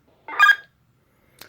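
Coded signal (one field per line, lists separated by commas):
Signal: radio ID data burst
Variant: Kenwood FleetSync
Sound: a short warbling digital chirp lasting under half a second, then a faint click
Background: quiet room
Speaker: It's got our favorite chirp when you key it up.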